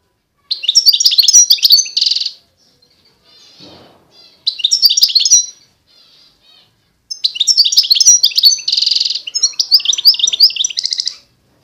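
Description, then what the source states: European goldfinch singing liquid, twittering phrases broken by short gaps, with buzzy churring passages. Wild bird.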